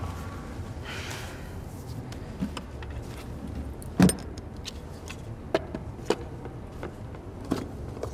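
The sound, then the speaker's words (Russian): A car drives home at night with a steady low rumble of engine and road noise, broken by a few sharp clicks and small rattles, without any voices. “Сергей едет есть в машине домой ночью.”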